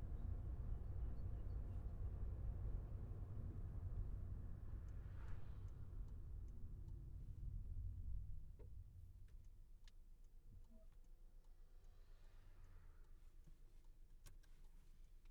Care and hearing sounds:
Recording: everyday scene through a hearing-aid microphone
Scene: in a vehicle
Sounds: engine, traffic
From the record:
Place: Skoda Fabia, gasoline engine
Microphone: behind the ear, left, rear

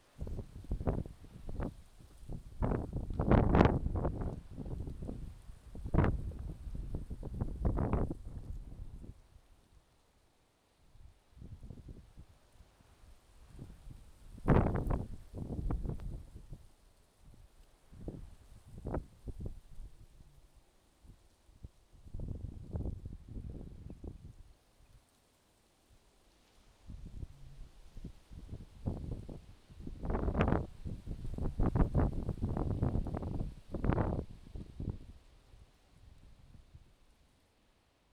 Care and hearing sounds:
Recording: everyday scene through a hearing-aid microphone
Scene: wind on the microphone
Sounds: wind, traffic, birds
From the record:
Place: suburban garden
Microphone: in the ear canal, left

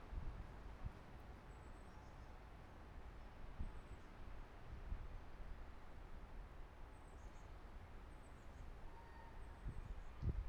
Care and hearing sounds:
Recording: everyday scene through a hearing-aid microphone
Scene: wind on the microphone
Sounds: gentle breeze, voices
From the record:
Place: parking lot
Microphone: behind the ear, right, rear

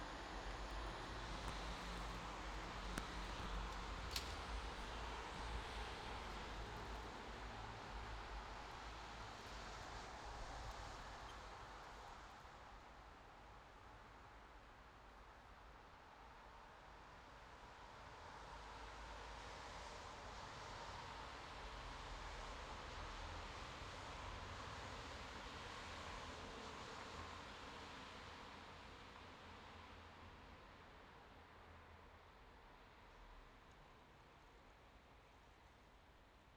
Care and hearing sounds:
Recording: everyday scene through a hearing-aid microphone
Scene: in traffic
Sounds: traffic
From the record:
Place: bus stop on a city main road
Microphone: in the ear canal, left

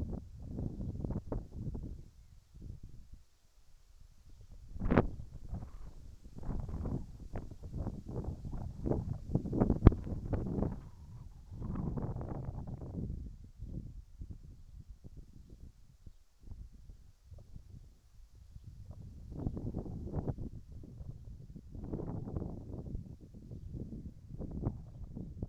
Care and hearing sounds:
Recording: everyday scene through a hearing-aid microphone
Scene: wind on the microphone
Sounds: wind, whistling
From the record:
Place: in front of a rural house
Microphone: behind the ear, right, front

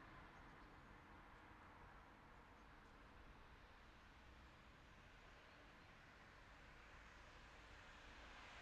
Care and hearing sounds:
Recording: everyday scene through a hearing-aid microphone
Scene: in traffic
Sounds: traffic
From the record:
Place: city secondary road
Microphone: in the ear canal, left

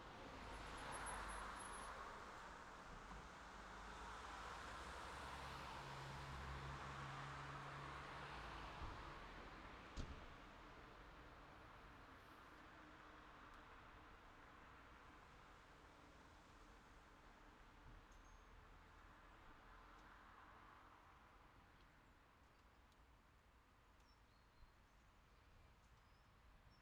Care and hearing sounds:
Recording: everyday scene through a hearing-aid microphone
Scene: in traffic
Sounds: traffic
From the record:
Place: city secondary road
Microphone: in the ear canal, left

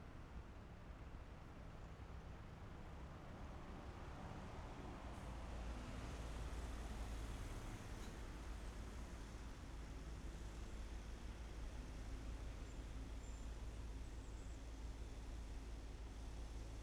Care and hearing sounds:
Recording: everyday scene through a hearing-aid microphone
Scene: in traffic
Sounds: traffic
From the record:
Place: main city hub, rush hour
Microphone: behind the ear, left, rear

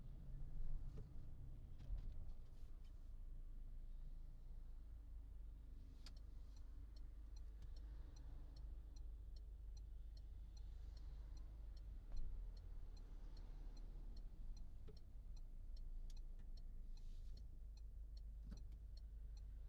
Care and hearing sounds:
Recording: everyday scene through a hearing-aid microphone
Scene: in a vehicle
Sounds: engine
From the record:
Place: Berlingo II, diesel engine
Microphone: in the ear canal, left

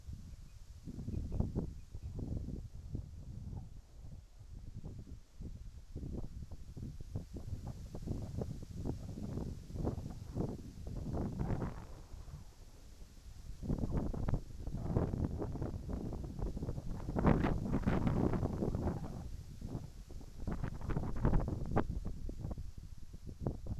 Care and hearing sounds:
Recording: everyday scene through a hearing-aid microphone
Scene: wind on the microphone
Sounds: wind, whistling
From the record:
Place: in front of a rural house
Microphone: behind the ear, right, front

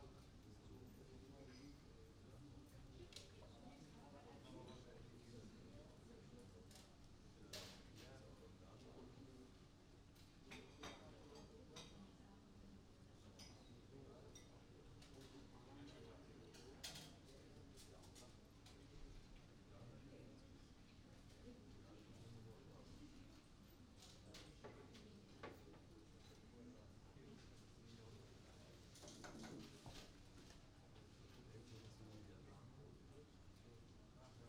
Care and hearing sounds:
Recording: everyday scene through a hearing-aid microphone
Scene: many people talking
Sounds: many voices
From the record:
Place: university cafeteria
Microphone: in the ear canal, right

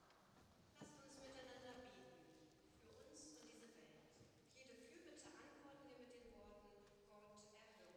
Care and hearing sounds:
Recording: everyday scene through a hearing-aid microphone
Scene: reverberant space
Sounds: speech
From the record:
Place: church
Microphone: in the ear canal, right

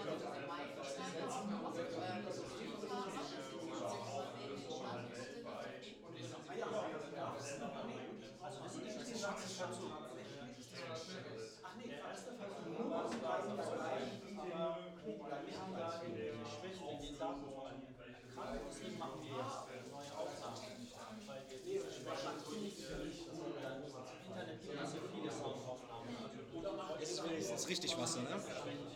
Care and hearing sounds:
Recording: everyday scene through a hearing-aid microphone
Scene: many people talking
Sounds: many voices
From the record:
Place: bistro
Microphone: in the ear canal, left

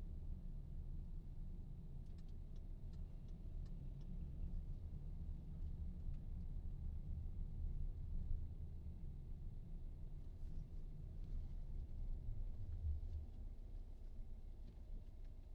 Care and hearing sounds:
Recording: everyday scene through a hearing-aid microphone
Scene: in a vehicle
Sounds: engine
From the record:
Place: VW T5 Caravelle, diesel engine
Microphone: in the ear canal, right

